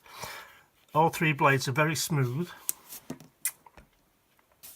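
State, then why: Seated. Someone talks while a blade of a three-blade Schrade slip-joint pocketknife is opened or closed under its back spring. After a few faint ticks, the blade snaps into place with a sharp click at 3.5 s, and it is seated.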